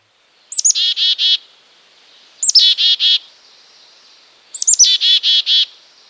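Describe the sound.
Chickadee calls in three bouts about two seconds apart, each opening with thin high notes and ending in four buzzy 'dee' notes.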